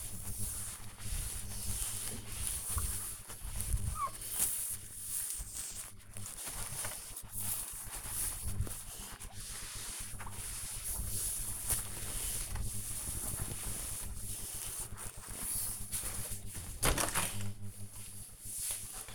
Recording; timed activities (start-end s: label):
household activities, microphone on the right wrist
0.00-19.15 s: window cleaning